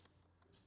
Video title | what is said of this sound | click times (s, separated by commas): How to Easily Install Apple Carplay & Android Auto into a Holden Commodore VF Series | and push it through until it clicks. All right. | 0.6 s